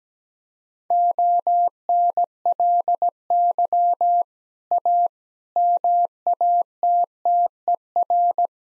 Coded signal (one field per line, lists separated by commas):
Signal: Morse code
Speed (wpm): 17 wpm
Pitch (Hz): 700 Hz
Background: none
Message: ONLY A MATTER